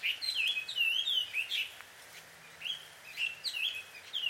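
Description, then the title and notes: Bird calls, a rapid run of warbling, twisting whistled notes, with brief pauses between bursts. Birds quarrelling, described as a married couple's fight, at dusk; field recording in Takao, Japan. "鳥の夫婦喧嘩 – Birds Quarrel At Dusk. Recorded in Takao Japan"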